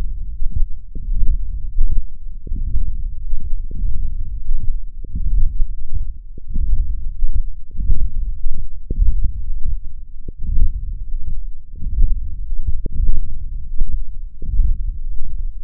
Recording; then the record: forearm muscle sounds (acoustic myography)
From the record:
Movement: hand closing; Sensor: system 1, eight BSWA MPA416 microphones around the upper forearm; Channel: 8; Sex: male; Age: 21 years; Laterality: right